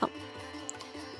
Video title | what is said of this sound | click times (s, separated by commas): Machine Embroidery , step by step #tutorial of changing frame - How to change frame size | sound వస్తుంది click అని sound వచ్చిన వెంటనే fit అయిపోయినట్టు లెక్క | 0.7 s, 0.8 s